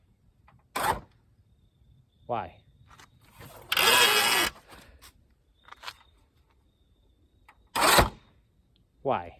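The plastic storage tray in the center console of a W222 Mercedes S550, pushed down and latched, releases and pops back open with a sharp plastic sound at 0.8 s; it is judged pointless. Further bursts of broadband noise follow around 3.7 to 4.5 s and near 7.8 s, while someone talks.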